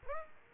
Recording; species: mosquito wingbeat signal from an infrared sensor; Aedes aegypti